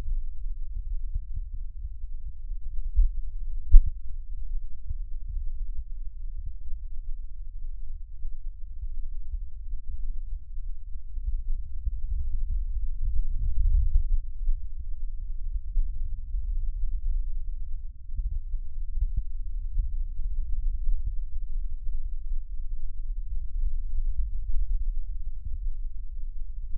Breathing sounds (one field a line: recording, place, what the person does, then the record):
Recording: lung sounds by stethoscope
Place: right posterior basal chest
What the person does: quiet breathing, then deep breathing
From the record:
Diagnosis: pulmonary infection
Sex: male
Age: 86 years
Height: 165 cm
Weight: 65 kg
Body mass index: 23.9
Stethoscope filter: bell mode